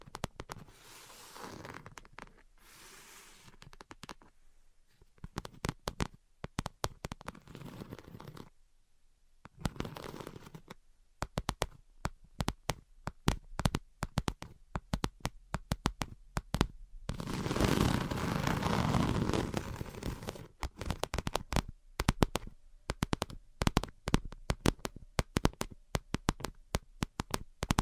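Tapping and scratching fill the recording as dense bursts of sharp, crackly clicks, fast and uneven, broken by a few short silent gaps near 4, 8 and 11 seconds. Around 17 to 20 seconds a louder, continuous rough scratching takes over before the quick taps resume.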